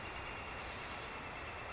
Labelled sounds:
Northern Flicker (Colaptes auratus)
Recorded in Sonoma County, California

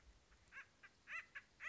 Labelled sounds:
Acorn Woodpecker (Melanerpes formicivorus)
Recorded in Sonoma County, California

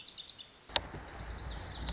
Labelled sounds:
Lazuli Bunting (Passerina amoena)
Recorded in Sonoma County, California

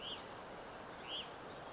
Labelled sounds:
Hutton's Vireo (Vireo huttoni)
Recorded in Sonoma County, California

